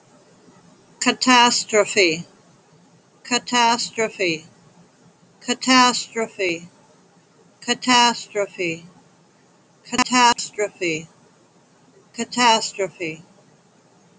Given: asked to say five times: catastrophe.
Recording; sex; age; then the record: repeated word; female; 40 to 49 years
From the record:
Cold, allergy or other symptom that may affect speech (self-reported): no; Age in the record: 40 years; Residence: New York, United States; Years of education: 12